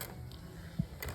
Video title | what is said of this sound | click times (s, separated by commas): May 11, 2023 | put that in uh there like that just hear that click | 0.0 s